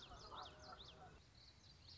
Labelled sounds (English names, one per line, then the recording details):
Common Yellowthroat
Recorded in Sonoma County, California